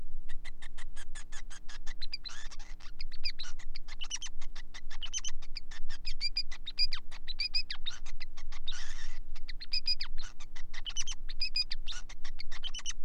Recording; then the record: song of a male Bengalese finch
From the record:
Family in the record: son of father 5